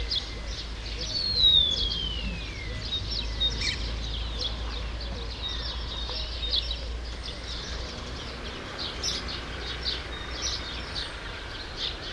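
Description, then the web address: True sparrows chirping steadily in overlapping short notes, with a clear descending whistle near the start and a low background rumble. "sound True-sparrows"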